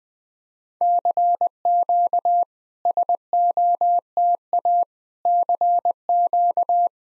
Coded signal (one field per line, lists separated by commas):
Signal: Morse code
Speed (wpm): 20 wpm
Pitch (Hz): 700 Hz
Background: none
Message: CQ SOTA CQ